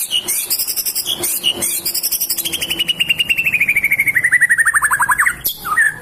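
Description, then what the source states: Bird song with high twittering notes, then a rapid trill that gradually falls in pitch, ending in a few sharp, lower notes. Masteran recording of birdsong, made for training songbirds.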